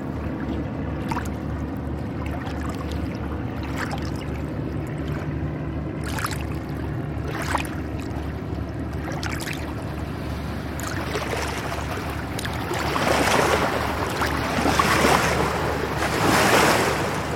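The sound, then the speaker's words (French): A very flat barge, apparently carrying sand and with a small white flag at the bow, moves along the water with a steady, low engine drone, while a rushing wash of water swells louder in the second half. A few sharp knocks break through. “Il y a un bateau là qui passe, une péniche, qui a l'air de transporter du sable, vraiment très plate.”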